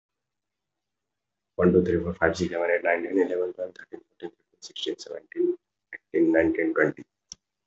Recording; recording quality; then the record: counting at a fast pace; excellent, no background noise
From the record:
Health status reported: healthy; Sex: male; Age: 22 years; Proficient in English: no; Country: India